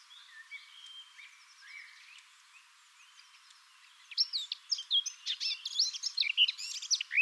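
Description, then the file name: Eurasian blackcap song, starting with soft scratchy twittering, then breaking into a loud, rich run of varied whistled and warbled notes in the last three seconds. "Sylvia atricapilla"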